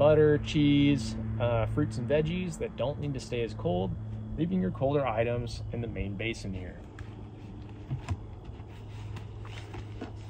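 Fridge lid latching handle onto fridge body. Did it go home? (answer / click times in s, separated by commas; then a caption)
no / none. Someone talks over a steady low hum while handling the lid of an ICECO JP40 portable 12 V compressor fridge, with its latching handle meant to snap onto the fridge body. After the talking, a few faint knocks of handling are heard around 7.0, 8.1, 9.2, 9.5 and 9.7 seconds. The lid latch has not clicked shut yet.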